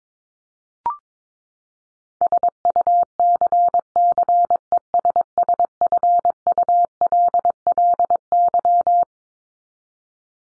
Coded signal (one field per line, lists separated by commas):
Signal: Morse code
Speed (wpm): 22 wpm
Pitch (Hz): 700 Hz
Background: none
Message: SUCCESSFULLY